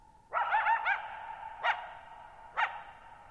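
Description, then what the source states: Coyote barking: a yelping bark with wavering harmonics followed by two short sharp barks about a second apart, each trailing into long echoes in a quiet setting. Lone coyote at night, July 14, 2019, Thirtymile Meadows, Okanogan National Forest, Okanogan High Country, Pacific Northwest, 6400 ft (1950 m); high dry plateau, shallow-bowl meadow with boggy ground.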